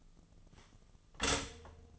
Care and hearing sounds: daily activity, microphone in the room; stop toaster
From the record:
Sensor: 4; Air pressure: 1010.0 hPa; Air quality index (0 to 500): 182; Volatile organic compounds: 6 ppm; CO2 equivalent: 1840 ppm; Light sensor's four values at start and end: 23/70/27/27 and 23/70/27/27

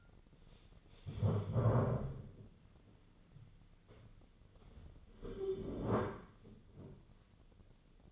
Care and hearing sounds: daily activity, microphone in the room; stand up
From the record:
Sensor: 4

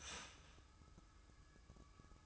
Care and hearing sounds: daily activity, microphone in the room; start toaster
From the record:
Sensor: 2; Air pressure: 1007.0 hPa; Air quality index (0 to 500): 37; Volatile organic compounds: 1 ppm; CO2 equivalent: 534 ppm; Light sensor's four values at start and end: 6/13/5/5 and 6/13/5/5

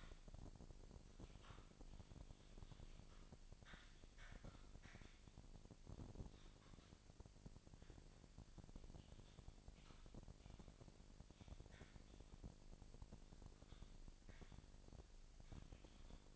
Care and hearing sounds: daily activity, microphone in the room; typing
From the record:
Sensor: 5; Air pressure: 999.3 hPa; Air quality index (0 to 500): 229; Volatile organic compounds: 24 ppm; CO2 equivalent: 2798 ppm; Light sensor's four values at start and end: 34/78/31/30 and 34/78/31/30

